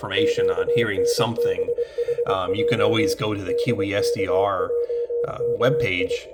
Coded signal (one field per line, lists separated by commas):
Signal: Morse code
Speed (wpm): 23 wpm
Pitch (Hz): 480 Hz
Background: speech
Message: QNBHJ DKJKI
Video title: M51/FAV22 French Military coded messages using Kiwi SDR out of Carlow, Ireland